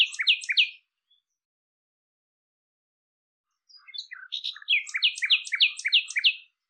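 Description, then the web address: Bird calls: a fast chirping phrase, then silence, then a longer run of rapid repeated chirps. "cianscape birddata Deverinetal 2025 Bird Lu Me Lu Me"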